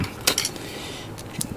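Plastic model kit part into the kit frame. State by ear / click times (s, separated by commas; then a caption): seated / 0.3 s. A plastic part of an MG 1/100 V Gundam Core Booster Custom model kit is pushed firmly into the kit frame until it seats. It gives a sharp bright click at 0.3 s, with a fainter tick right after near 0.4 s. Softer plastic ticks follow around 1.2 s and 1.4 s, and the part is seated.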